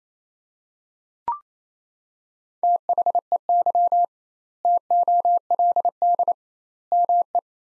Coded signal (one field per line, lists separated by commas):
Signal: Morse code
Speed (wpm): 28 wpm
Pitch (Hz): 700 Hz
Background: none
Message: THEY TOLD ME